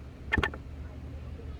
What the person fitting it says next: nice loud click